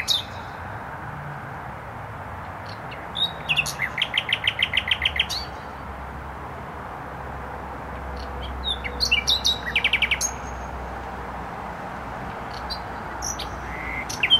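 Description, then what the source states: Nightingale singing a rapid rattling phrase of repeated notes, then a pause and a second burst of chattering trills, with constant heavy traffic noise underneath. Singing in bushes near a noisy motorway, Trasa Toruńska, Bródno-Podgrodzie, Warsaw, Poland; recorded with an Olympus LS-11.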